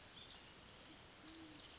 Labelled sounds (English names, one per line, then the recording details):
Band-tailed Pigeon
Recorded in Sonoma County, California